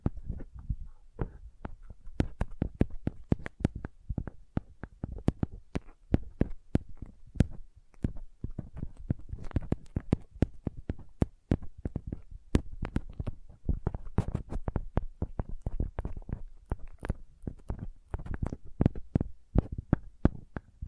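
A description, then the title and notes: Sensitive tapping, soft rapid taps in dense irregular bursts with a low thumpy body and occasional sharper clicks, continuing throughout. Sensitive Tapping.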